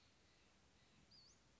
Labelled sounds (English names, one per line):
Western Flycatcher